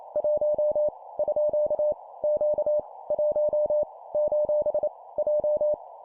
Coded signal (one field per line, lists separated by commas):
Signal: Morse code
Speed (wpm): 28 wpm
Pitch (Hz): 600 Hz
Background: none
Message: 1 _ Q 1 : J